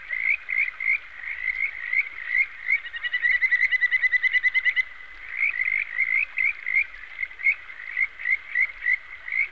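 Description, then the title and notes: Frog calls: short chirping croaks repeated quickly, broken by a rapid pulsed trill in the middle, with a constant chorus behind. "NHK Sound Effects Collection - 3-Frogs. NHK効果音集 - 3-カエル"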